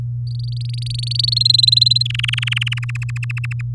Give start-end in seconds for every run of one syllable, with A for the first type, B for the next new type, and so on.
0.27-1.34 A, 1.36-2.03 B, 2.05-2.79 C, 2.82-3.61 D